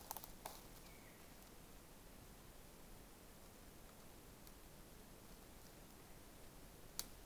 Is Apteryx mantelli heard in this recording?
no